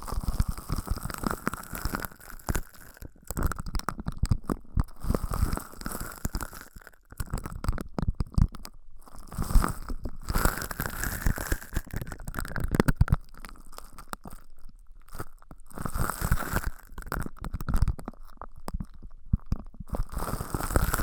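Ear massage and cleaning sounds, a dense run of crunchy, crackling rubs and scratches that fills the whole stretch without pause. The texture shifts constantly, with short dropouts and bursts, and a low muffled rumble sits underneath throughout.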